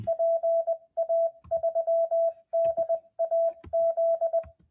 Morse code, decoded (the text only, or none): PA3DAZ